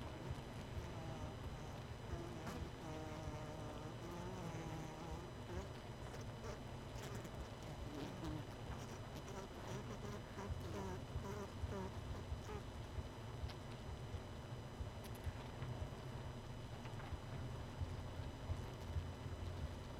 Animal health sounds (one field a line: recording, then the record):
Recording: honeybee colony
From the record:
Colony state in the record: missing queen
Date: 31 May 2018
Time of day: 20:52